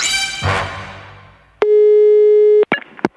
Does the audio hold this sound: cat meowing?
no